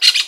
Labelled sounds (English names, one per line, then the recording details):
Brown-throated Parakeet contact call
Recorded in Venezuela
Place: Guárico; Corozopando; Fundo La Fe
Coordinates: 8.506, -67.593